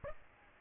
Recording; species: mosquito wingbeat signal from an infrared sensor; Aedes aegypti